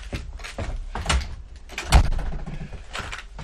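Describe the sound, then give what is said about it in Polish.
A door swings shut with a solid thud, preceded by a softer clunk of the latch and handle, amid faint rustling and mechanical rattle, with no voices. “Kochanie, mam coś dla ciebie, ale otwórz drzwi.”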